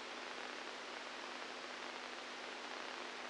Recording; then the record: brain microelectrode recording played as sound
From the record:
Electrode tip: inside the subthalamic nucleus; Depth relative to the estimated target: 0 mm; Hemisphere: right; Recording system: NeuroSet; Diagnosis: Parkinson's disease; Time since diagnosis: 10 years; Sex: female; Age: 67 years